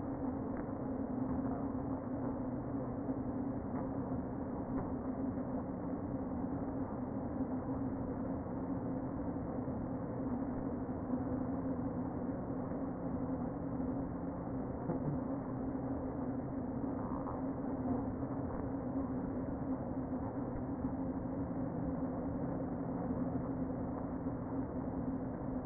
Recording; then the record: honeybee colony, microphone inside the hive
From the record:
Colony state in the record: queen present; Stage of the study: before two queens were removed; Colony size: about 60,000 bees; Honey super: yes